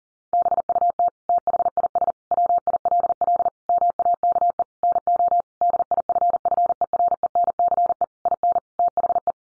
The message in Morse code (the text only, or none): BUT THIS WILL MAKE NO DIFFERENCE IN THE